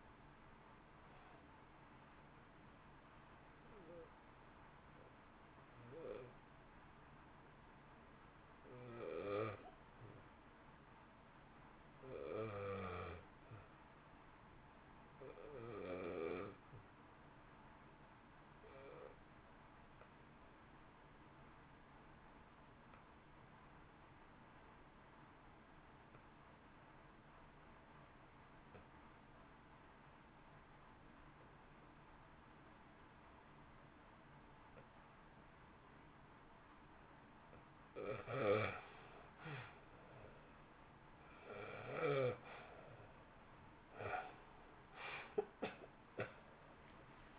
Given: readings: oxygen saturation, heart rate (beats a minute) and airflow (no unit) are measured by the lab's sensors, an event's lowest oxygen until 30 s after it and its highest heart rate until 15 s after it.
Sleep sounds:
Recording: breathing in sleep by a voice recorder at the bedside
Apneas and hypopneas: 1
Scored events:
5.00-35.00 s: new sleep stage, REM sleep
6.00-37.20 s: obstructive apnea (REM, oxygen 94% highest, then 74% lowest, heart rate 59 at the start, 77 highest)
35.00-47.39 s: new sleep stage, N1 (lightest sleep)
From the record:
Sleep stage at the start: N1 (lightest sleep)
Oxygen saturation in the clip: 82 to 95%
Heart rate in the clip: 56 to 68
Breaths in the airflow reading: 4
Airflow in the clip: -2.8 to 3.7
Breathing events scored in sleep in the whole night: 328 in 6.3 hours asleep

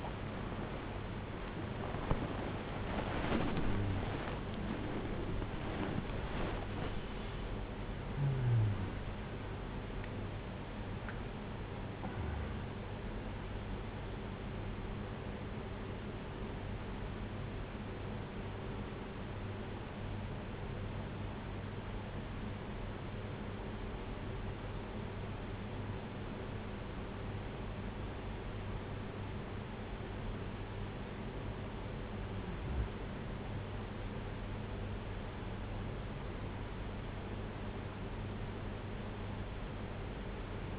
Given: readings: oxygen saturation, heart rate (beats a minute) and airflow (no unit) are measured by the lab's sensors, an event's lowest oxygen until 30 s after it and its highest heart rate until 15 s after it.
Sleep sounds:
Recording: breathing in sleep by a voice recorder at the bedside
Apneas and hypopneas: 1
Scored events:
8.00-40.79 s: new sleep stage, N1 (lightest sleep)
18.00-32.50 s: hypopnea (N1, oxygen 97% highest, then 91% lowest, heart rate 78 at the start, 78 highest)
From the record:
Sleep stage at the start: N2 (light sleep)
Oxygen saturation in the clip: 93 to 97%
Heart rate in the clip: 61 to 78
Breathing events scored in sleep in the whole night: 226 in 8.8 hours asleep

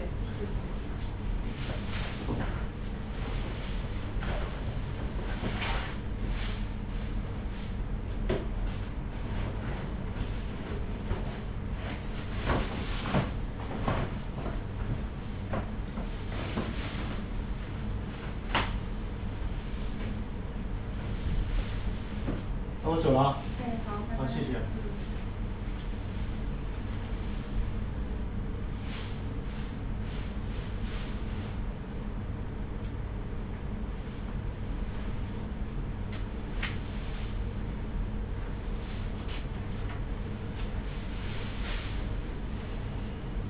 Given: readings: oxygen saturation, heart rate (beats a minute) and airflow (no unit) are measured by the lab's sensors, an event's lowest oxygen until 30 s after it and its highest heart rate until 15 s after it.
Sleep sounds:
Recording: a person awake in a sleep study, by a smartphone at the bedside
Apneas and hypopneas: none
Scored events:
0.00-43.50 s: awake
0.00-43.50 s: awake
From the record:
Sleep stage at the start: awake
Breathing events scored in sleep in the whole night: 210 in 6.9 hours asleep

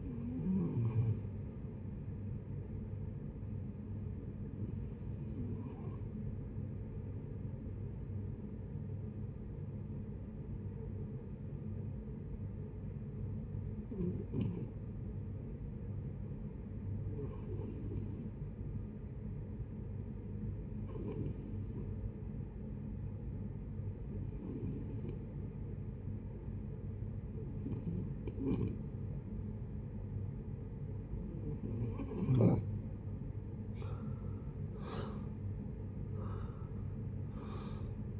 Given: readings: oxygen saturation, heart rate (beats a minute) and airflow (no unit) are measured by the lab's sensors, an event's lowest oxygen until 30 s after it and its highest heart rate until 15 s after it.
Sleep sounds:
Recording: breathing in sleep by a smartphone at the bedside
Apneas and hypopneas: 1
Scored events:
3.00-32.10 s: hypopnea (REM, oxygen 96% highest, then 79% lowest)
From the record:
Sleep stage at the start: REM sleep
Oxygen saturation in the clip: 79 to 96%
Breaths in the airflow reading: 11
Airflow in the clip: -12.4 to 11.1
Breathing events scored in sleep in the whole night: 496 in 5.4 hours asleep

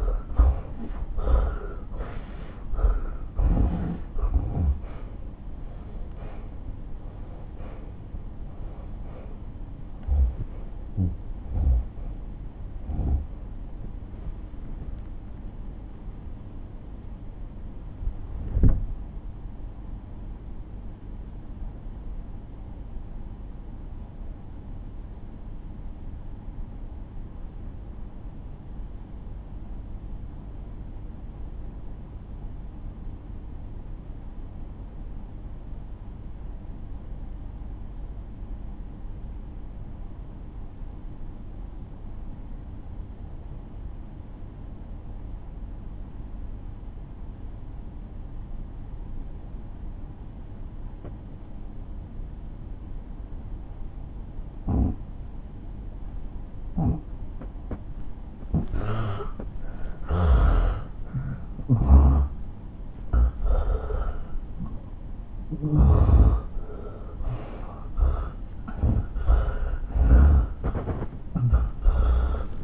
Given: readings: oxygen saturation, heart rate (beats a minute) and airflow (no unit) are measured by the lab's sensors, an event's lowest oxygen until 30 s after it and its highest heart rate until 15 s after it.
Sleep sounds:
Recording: breathing in sleep by a smartphone at the bedside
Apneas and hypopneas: 1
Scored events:
1.00-31.00 s: new sleep stage, N1 (lightest sleep)
8.00-54.70 s: obstructive apnea (N1, oxygen 96% highest, then 85% lowest)
31.00-61.00 s: new sleep stage, N2 (light sleep)
61.00-72.64 s: new sleep stage, N1 (lightest sleep)
From the record:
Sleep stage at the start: N2 (light sleep)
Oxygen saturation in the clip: 76 to 96%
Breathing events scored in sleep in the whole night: 217 in 6.3 hours asleep

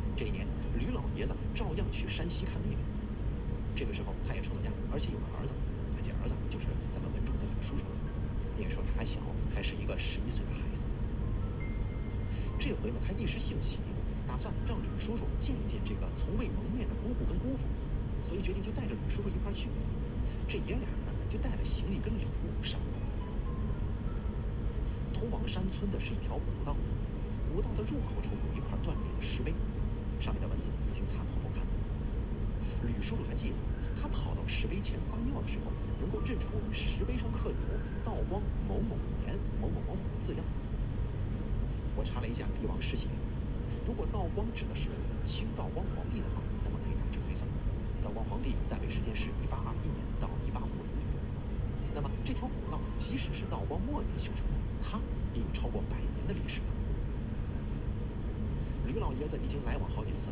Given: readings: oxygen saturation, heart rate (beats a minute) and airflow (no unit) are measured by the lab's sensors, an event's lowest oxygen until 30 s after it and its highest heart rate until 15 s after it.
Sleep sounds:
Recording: a person awake in a sleep study, by a smartphone at the bedside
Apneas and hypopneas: none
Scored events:
0.00-60.32 s: awake
From the record:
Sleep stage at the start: awake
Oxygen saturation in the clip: 93 to 95%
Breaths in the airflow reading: 15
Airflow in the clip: -2.0 to 3.3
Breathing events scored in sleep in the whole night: 335 in 6.7 hours asleep

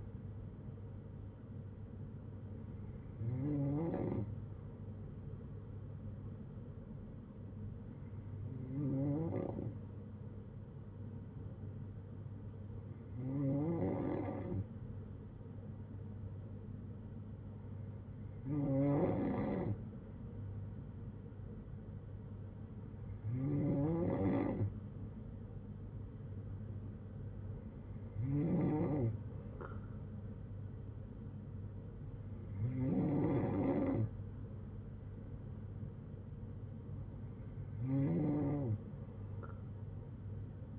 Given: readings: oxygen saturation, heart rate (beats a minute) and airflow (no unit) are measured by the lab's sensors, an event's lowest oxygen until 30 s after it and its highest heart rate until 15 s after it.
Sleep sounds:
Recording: breathing in sleep by a smartphone at the bedside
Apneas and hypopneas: none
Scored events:
none scored
From the record:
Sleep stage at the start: N2 (light sleep)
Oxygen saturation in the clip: 94 to 95%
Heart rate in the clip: 58 to 68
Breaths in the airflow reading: 10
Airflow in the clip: -6.8 to 5.9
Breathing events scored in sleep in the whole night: 182 in 7.4 hours asleep

